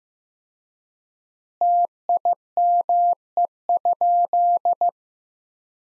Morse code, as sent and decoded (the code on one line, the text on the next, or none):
- .. -- . ..--..
TIME?